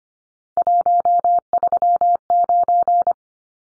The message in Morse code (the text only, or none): 139